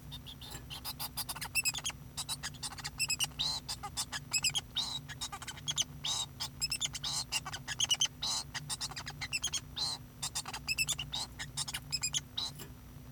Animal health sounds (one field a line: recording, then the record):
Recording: song of a male Bengalese finch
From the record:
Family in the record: son of father 2